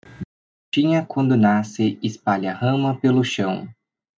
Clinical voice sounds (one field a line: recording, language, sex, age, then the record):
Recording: short text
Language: Brazilian Portuguese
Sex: male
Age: 20 to 29 years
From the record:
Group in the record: control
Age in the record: 22 years